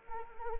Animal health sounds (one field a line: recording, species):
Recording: mosquito wingbeat signal from an infrared sensor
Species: Anopheles arabiensis